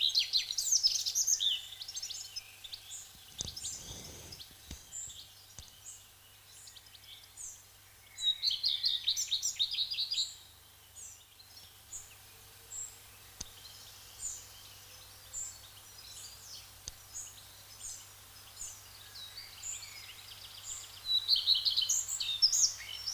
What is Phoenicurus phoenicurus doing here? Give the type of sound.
song